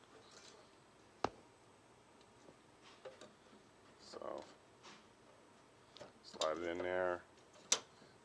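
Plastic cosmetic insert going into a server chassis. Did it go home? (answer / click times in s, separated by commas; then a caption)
yes / 7.7 s. A removed plastic cosmetic insert, fitted only for looks, is slid by its slide end into a T310 server chassis and pushed home while someone talks. A few faint knocks and rustles come before a sharp, loud snap at 7.7 s as the plastic blank piece seats in place.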